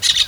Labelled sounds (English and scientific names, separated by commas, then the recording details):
Brown-throated Parakeet (Eupsittula pertinax) contact call
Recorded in Venezuela
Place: Guárico; Corozopando; Fundo La Fe
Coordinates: 8.506, -67.593